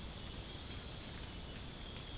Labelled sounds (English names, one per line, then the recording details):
none
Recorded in dense forest near Puerto Asís, Putumayo, Colombia, on 27 June 2025 at 19:00
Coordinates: 0.503, -76.323
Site G059